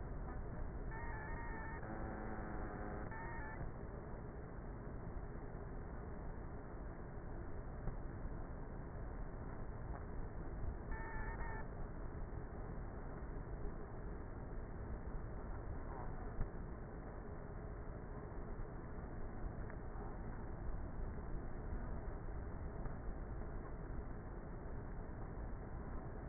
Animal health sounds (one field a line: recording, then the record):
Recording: honeybee colony, microphone inside the hive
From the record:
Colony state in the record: queenless with a low population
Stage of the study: before two queens were removed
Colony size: about 30,000 bees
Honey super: no